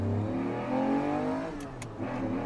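A car engine revs loudly and steadily, its pitch climbing and dipping, with two quick sharp bursts partway through as tyres screech on asphalt, before the roar picks up again. No one speaks.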